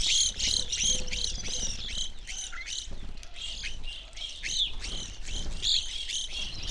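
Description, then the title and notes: Evening grosbeaks chattering steadily, many high burry chirps overlapping in a busy irregular stream that barely pauses. Flock feeding on sunflower seeds at a backyard feeder hanging in a birch tree; relatively warm winter morning; McCloud, Siskiyou County, California; two microphones on either side of the tree trunk. "McCloud in Siskiyou County, California. It was a relatively warm winter morning, and a flock of Evening Grosbeaks was busily eating a breakfast of sunflower seeds"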